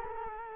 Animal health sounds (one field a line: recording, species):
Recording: mosquito wingbeat signal from an infrared sensor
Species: Culex quinquefasciatus